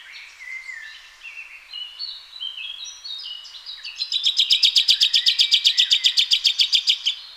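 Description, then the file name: Common chaffinch: varied whistled notes, then a rapid, evenly paced burst of sharp repeated notes lasting about three seconds. "Fringilla coelebs"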